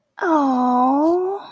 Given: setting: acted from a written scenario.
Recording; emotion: vocal sound without words; adoration